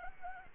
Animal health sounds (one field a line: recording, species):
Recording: mosquito wingbeat signal from an infrared sensor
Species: Anopheles gambiae